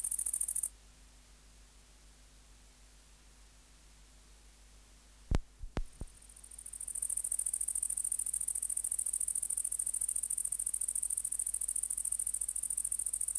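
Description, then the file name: Great green bush-cricket giving a high sizzling buzz that stops almost at once, leaving a long quiet gap with a few sharp knocks, then the buzzing resumes and continues. "Tettigonia viridissima"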